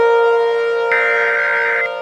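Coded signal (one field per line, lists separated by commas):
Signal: Emergency Alert System (SAME) tones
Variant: header bursts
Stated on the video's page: Simulated EAS scenario, a fictional story.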